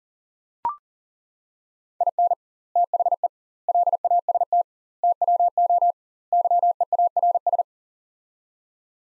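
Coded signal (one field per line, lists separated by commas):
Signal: Morse code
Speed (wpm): 40 wpm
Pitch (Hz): 700 Hz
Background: none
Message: IN THE LAST TWO YEARS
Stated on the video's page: Head-copy drill of five-word sets at 40 wpm with 2x word spacing, a Farnsworth-like method; each set sent, spoken, then sent again.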